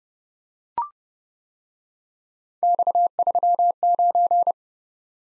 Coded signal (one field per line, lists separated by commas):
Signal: Morse code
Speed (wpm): 29 wpm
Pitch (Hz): 700 Hz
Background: none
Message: X39